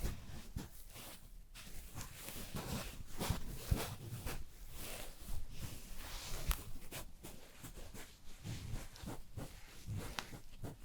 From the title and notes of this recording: ASMR SUPER Realistic Haircut and Shaving (Recorded Actual Sounds Layered) NO TALKING.